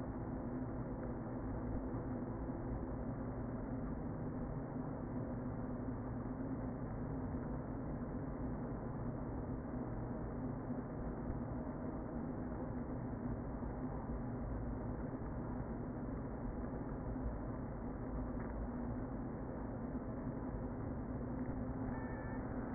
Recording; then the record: honeybee colony, microphone inside the hive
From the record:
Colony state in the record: queen present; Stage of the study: before two queens were removed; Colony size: about 60,000 bees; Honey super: yes